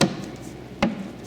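A plastic rear-light access trim panel on an Audi A4/S4/RS4 B8 (2008–2016) saloon is pushed back into place over its clips while refitting after a reverse bulb change. Two sharp, short hits ring out at 0.0 s and 0.8 s as the clips snap in, and the panel is seated.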